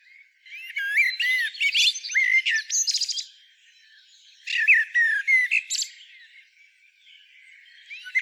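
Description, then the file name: Common blackbird calls: a tangle of squeaky, looping whistles and clicks, a pause, then a second shorter burst fading into faint notes. "Turdus merula"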